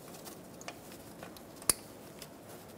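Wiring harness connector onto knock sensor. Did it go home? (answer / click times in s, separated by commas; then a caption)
yes / 1.7 s. A wiring harness connector is pushed onto the knock sensor of a 2014-2018 Chevrolet Silverado 1500 5.3L V8, the sensor bolt torqued to 18 ft-lbs, with a red locking tab to close. After a faint tick at 0.7 s, a sharp, bright click at 1.7 s stands out against quiet background noise. The connector is seated.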